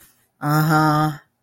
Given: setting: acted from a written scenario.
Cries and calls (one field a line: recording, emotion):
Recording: vocal sound without words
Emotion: guilt